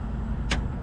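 A wiring connector is pushed into a traffic signal monitor unit against a steady low hum. A single sharp click at 0.5 s marks the connector seating in place.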